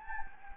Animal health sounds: mosquito wingbeat signal from an infrared sensor; Anopheles gambiae

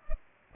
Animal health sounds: mosquito wingbeat signal from an infrared sensor; Culex pipiens

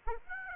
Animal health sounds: mosquito wingbeat signal from an infrared sensor; Aedes aegypti

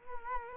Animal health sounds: mosquito wingbeat signal from an infrared sensor; Culex quinquefasciatus

